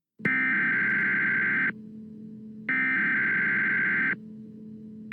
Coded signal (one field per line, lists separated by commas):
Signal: Emergency Alert System (SAME) tones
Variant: header bursts